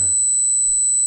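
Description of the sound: Simulated tinnitus sound played by a device: a steady "zzz" buzz made of constant tones near 200 Hz, 4 kHz and 8 kHz, with a brief voice at the end.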